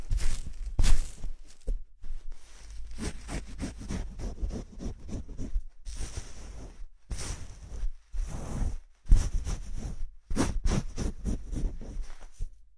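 Wet scrubbing of foamy hair during a shampoo massage, with dense crackling and squishing that comes in bursts of a second or two. Brief pauses fall around 2, 6 and 8 seconds, and a few brighter, hissing strokes stand out near the end.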